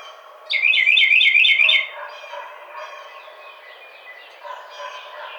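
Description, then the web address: Carolina wren song: a ringing series of about five quick, rolling repeated phrases, then quieter chirps from other birds in the background. Recorded 30 April 2009. "Carolina Wren 2009 04 30"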